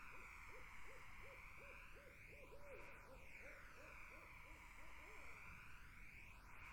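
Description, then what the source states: Barred owl calling in a long, fast series of hoots lasting over five seconds, with a continuous buzzing insect chorus behind. Barred owls, more than one, in a summer wetland.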